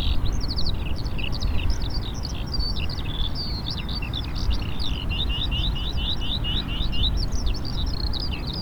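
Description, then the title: Eurasian skylark pouring out unbroken rapid, high twittering song with bubbling repeated notes throughout, while a strong low roar runs underneath. Singing over traffic in Taastrup, Denmark; the bird sings louder while cars pass; recorded on a Sony PCM-D100 with internal microphones. "Ole Rømers Vej, 2630 Taastrup, Denmark - Eurasian skylark"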